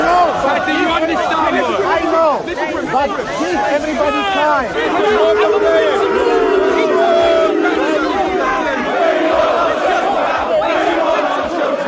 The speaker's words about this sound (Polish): Wściekli fani Chelsea nie chcieli nawet wysłuchać legendy klubu Petra Czecha, który wyszedł do tłumu